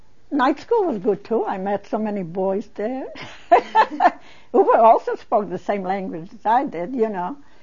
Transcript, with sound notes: night school was good, too. I met so many boys there. (She laughs.) They also spoke the same language that I did, you know.